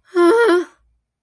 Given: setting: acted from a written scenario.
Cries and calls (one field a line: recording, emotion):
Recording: vocal sound without words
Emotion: distress